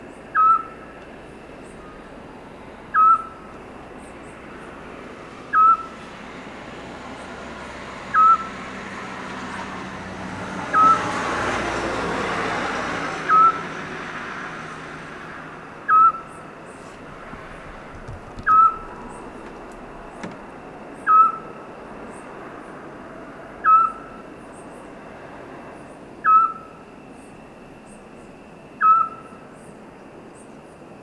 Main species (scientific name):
Otus scops